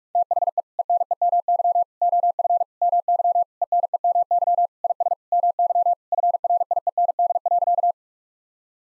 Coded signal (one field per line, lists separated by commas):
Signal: Morse code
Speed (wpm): 46 wpm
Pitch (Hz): 700 Hz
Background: none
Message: THE ENEMY OF MY ENEMY IS MY FRIEND.